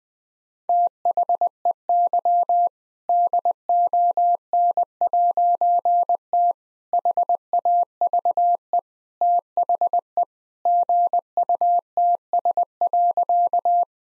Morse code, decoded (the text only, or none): THEY DON'T HAVE THE GUTS.